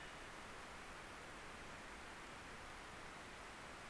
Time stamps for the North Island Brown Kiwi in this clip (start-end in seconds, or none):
none